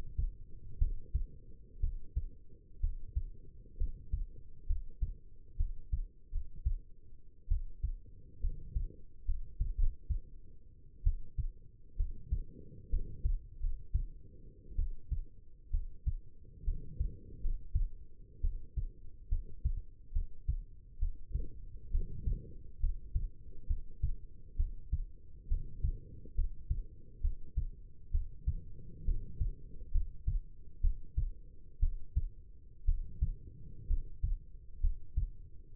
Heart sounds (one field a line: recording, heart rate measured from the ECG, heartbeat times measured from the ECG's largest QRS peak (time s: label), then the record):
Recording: heart sounds by stethoscope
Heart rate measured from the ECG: 65 bpm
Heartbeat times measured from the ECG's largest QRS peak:
0.78 s: heartbeat
1.80 s: heartbeat
2.80 s: heartbeat
3.77 s: heartbeat
4.66 s: heartbeat
5.56 s: heartbeat
6.31 s: heartbeat
7.48 s: heartbeat
8.40 s: heartbeat
9.25 s: heartbeat
9.77 s: heartbeat
11.03 s: heartbeat
11.96 s: heartbeat
12.89 s: heartbeat
13.59 s: heartbeat
14.75 s: heartbeat
15.70 s: heartbeat
16.64 s: heartbeat
17.40 s: heartbeat
18.41 s: heartbeat
19.28 s: heartbeat
20.12 s: heartbeat
20.98 s: heartbeat
21.91 s: heartbeat
22.79 s: heartbeat
23.67 s: heartbeat
24.56 s: heartbeat
25.48 s: heartbeat
26.34 s: heartbeat
27.21 s: heartbeat
28.11 s: heartbeat
29.04 s: heartbeat
29.91 s: heartbeat
30.81 s: heartbeat
31.79 s: heartbeat
32.85 s: heartbeat
33.87 s: heartbeat
34.80 s: heartbeat
From the record:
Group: healthy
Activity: rest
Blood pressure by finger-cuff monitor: 108/70 mmHg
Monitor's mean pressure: 81 mmHg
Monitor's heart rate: 67 bpm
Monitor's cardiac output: 5.4 L/min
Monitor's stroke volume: 80 mL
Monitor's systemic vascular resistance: 1100 dyn s/cm5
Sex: female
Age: 22 years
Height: 171 cm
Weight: 65.6 kg